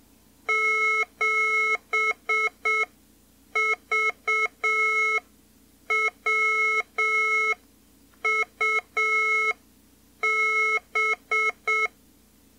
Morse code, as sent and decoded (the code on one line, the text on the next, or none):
--... ...- .-- ..- -...
7VWUB